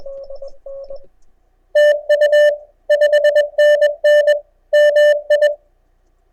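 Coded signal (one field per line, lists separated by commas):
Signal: Morse code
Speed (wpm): 21 wpm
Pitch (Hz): 1800 Hz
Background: none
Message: TU 5NN MI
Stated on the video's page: CW small pile-up during the Texas QSO Party contest, with quite good band conditions.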